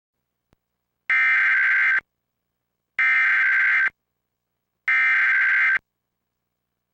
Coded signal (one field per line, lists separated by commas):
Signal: Emergency Alert System (SAME) tones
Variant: header bursts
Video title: EAS Recreation Mock: Tornado Emergency For Chester, Illinois